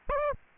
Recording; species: mosquito wingbeat signal from an infrared sensor; Aedes aegypti